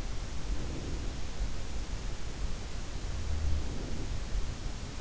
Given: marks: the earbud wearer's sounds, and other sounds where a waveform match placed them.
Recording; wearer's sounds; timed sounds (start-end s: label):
sounds in sleep by an in-ear microphone; breath
0.34-1.38 s: breath
2.90-4.42 s: sound from someone else or the room
3.23-4.42 s: breath